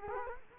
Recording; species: mosquito wingbeat signal from an infrared sensor; Culex quinquefasciatus